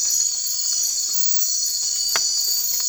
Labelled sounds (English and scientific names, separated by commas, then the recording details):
none
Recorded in secondary vegetation near Puerto Asís, Putumayo, Colombia, on 8 March 2025 at 01:00
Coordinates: 0.499, -76.323
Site G094